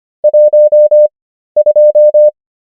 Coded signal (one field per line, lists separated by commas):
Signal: Morse code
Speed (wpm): 25 wpm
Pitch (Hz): 600 Hz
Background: none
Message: 12